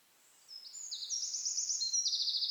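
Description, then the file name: Eurasian wren song, a rapid high-pitched run of trills and ringing notes that starts after a brief quiet and grows louder, all very high. "Troglodytes troglodytes"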